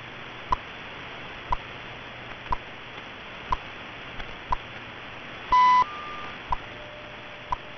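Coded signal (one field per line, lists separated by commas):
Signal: radio time signal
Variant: BPM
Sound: short 1 kHz ticks every second in hiss, one longer beep about 0.3 s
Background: radio static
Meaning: Short ticks mark seconds; the longer tone marks the minute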